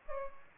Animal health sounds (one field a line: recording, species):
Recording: mosquito wingbeat signal from an infrared sensor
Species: Aedes aegypti